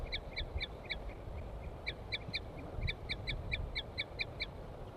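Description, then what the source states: Crossbill calls, short high paired toots repeated in quick bursts throughout, over a steady low rumbling background noise. Wild female giving toots near her nest.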